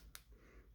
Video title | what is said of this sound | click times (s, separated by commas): QUICK & SIMPLE - Honda Key Fob Battery Replacement | You'll hear a slight click. | 0.2 s